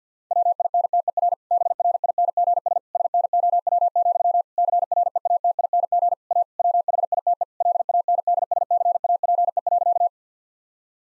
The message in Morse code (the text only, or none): WINTER BRINGS SNOW, CREATING A WHITE LANDSCAPE.